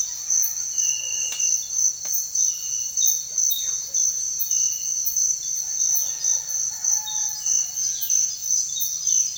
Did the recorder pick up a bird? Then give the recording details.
yes. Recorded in secondary vegetation near Puerto Asís, Putumayo, Colombia, on 23 June 2025 at 06:00. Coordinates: 0.498, -76.327. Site GP09